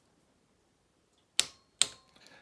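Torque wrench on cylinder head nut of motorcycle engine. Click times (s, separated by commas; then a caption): 1.4 s, 1.8 s. A click-type torque wrench tightens a cylinder head nut on a Honda Z50 motorcycle engine until it clicks at the set torque, confirming the nut is torqued exactly. Two sharp, bright clicks ring out at 1.4 s and 1.8 s, each with a short metallic ring, over an otherwise quiet background.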